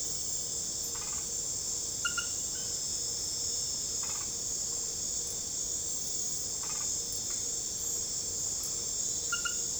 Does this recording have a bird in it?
no